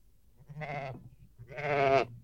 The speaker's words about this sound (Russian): Папа! Папа! Я слышу блеяние овна! Да, сын, он запутался в чаще рогами. Мы принесем его в жертву.